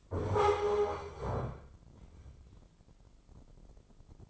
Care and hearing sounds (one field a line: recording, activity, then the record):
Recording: daily activity, microphone in the room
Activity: stand up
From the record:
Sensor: 5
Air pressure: 996.0 hPa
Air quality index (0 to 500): 246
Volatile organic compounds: 482 ppm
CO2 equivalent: 4795 ppm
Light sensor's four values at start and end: 169/404/171/187 and 169/403/171/187